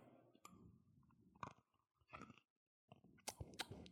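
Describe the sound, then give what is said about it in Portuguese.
Wet, crunchy chewing picked up right on a microphone, with irregular bites and sharp clicky crunches, a brief pause, then louder snapping chews near the end. No one speaks. “A terceira coisa é mastigar ao vivo.”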